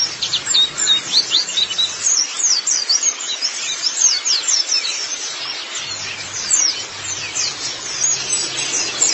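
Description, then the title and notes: White-eye song: lively, very high, rapid chirps and slurred downward notes in continuous overlapping bursts, with faint low hum in places. "Kicauan Burung Pleci Durasi Panjang. Suara kicauan burung pleci"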